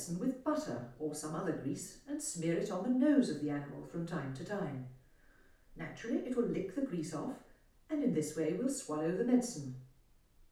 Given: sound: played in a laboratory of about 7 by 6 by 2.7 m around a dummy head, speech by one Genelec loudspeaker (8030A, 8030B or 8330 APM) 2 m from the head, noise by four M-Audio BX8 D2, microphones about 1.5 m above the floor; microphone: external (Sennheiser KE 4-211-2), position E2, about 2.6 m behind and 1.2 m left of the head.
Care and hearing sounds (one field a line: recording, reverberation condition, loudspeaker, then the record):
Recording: female speech in English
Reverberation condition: medium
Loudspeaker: in front (0 degrees)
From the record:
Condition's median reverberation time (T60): about 510 ms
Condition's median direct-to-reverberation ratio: about -0.5 dB